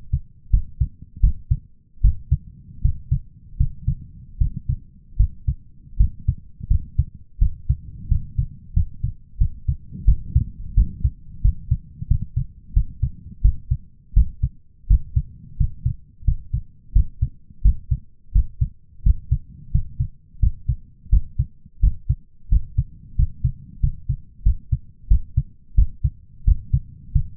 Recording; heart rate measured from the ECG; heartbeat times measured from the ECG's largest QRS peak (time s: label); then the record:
heart sounds by stethoscope; 86 bpm
0.51 s: heartbeat
1.21 s: heartbeat
2.01 s: heartbeat
2.82 s: heartbeat
3.57 s: heartbeat
4.38 s: heartbeat
5.17 s: heartbeat
5.97 s: heartbeat
6.68 s: heartbeat
7.39 s: heartbeat
8.09 s: heartbeat
8.74 s: heartbeat
9.38 s: heartbeat
10.05 s: heartbeat
10.75 s: heartbeat
11.42 s: heartbeat
12.08 s: heartbeat
12.74 s: heartbeat
13.42 s: heartbeat
14.14 s: heartbeat
14.88 s: heartbeat
15.57 s: heartbeat
16.25 s: heartbeat
16.93 s: heartbeat
17.62 s: heartbeat
18.32 s: heartbeat
19.03 s: heartbeat
19.72 s: heartbeat
20.40 s: heartbeat
21.10 s: heartbeat
21.80 s: heartbeat
22.49 s: heartbeat
23.16 s: heartbeat
23.80 s: heartbeat
24.43 s: heartbeat
25.08 s: heartbeat
25.75 s: heartbeat
26.45 s: heartbeat
27.12 s: heartbeat
From the record:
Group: healthy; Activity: rest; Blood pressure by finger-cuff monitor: 174/123 mmHg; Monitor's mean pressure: 133 mmHg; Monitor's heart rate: 87 bpm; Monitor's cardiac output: 6.7 L/min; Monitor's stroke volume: 76 mL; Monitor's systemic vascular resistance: 1500 dyn s/cm5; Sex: male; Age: 23 years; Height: 179 cm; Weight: 87 kg